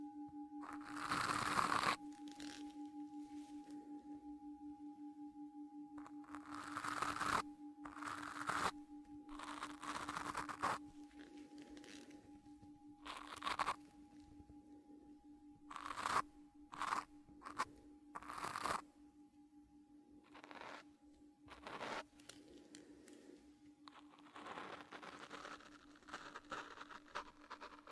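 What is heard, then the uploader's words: A Tibetan singing bowl hums a steady, unbroken ring beneath the whole clip. Over it come bursts of soft brushing and scratchy rubbing strokes, some brief, some a second or two long, arriving irregularly and growing busier after the halfway point. Focus Tibetan Singing Bowl and Ear Brushing. ASMR Sounds Binaural Triggers Relaxing caresses on your ears with different brushes, foam and burlap during the tinkling of a Tibetan Bowl. Without whispering.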